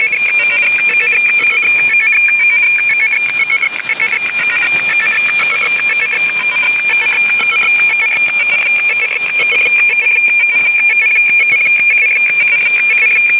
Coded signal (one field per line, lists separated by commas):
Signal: weather fax (radiofax)